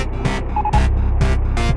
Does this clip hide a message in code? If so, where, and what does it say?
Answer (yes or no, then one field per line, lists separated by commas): no